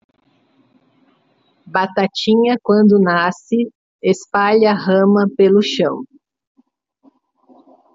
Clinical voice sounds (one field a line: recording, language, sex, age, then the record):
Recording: short text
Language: Brazilian Portuguese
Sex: female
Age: 50 to 59 years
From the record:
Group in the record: control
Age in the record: 57 years